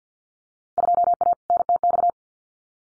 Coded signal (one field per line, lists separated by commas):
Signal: Morse code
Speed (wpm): 50 wpm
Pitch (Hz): 700 Hz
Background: none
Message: 2A NTX